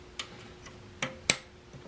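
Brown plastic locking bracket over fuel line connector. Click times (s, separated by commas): 1.0 s, 1.3 s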